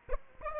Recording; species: mosquito wingbeat signal from an infrared sensor; Aedes aegypti